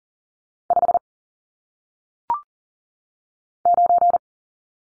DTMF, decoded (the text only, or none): none